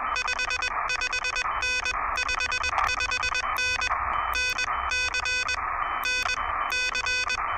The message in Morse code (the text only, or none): 55N 55N NC NC